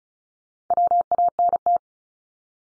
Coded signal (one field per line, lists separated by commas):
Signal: Morse code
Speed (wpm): 36 wpm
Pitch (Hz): 700 Hz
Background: none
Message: WANT